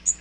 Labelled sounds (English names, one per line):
Magnolia Warbler flight call